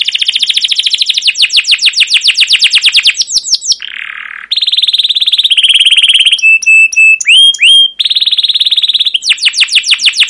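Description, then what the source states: Canary song with fast chirping trills, a short rough buzz, then a dense buzzy trill, swooping whistles and another rapid trill. Chirping 'cuit cuit' song used as a lure (pancingan) and master for training young caged canaries to learn sounds.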